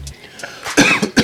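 Adult man coughing, linked to smoking cannabis (chronic).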